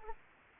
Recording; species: mosquito wingbeat signal from an infrared sensor; Anopheles arabiensis